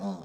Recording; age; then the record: pig call; piglet (1 to 25 days)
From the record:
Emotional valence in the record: negative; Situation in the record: short isolation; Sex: female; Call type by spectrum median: low-frequency call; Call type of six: low-frequency stable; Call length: 0.24 s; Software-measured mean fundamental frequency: 84 Hz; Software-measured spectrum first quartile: 197 Hz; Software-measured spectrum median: 312 Hz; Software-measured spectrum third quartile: 740 Hz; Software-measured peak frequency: 194 Hz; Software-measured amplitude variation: 108 dB a second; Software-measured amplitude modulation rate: 10.2 a second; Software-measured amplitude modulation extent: 10.6 dB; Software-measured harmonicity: 7.8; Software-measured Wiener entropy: -0.44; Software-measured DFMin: 1250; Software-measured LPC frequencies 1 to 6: 643, 4026, 5330, 6586, 7758, 9445 Hz